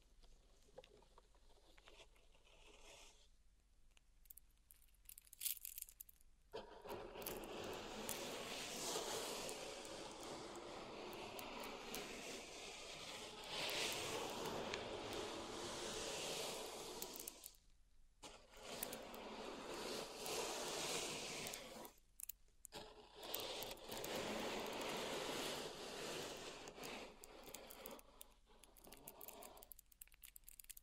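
Pink salt is raked and stirred in a zen garden, making a dense, bright, gritty scratching that swells and fades in long strokes. The sound drops out briefly around 3 to 6 seconds, near 18 seconds and again around 22 seconds before resuming.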